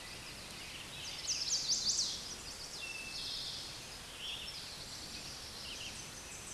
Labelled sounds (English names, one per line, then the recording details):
Eastern Towhee song
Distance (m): 10 m
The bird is about level with the microphone
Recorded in a Pennsylvania forest on 16 May 2024 at 08:57
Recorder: AudioMoth, point MSD-1849
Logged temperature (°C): 12.1 °C
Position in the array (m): 35 m, 30 m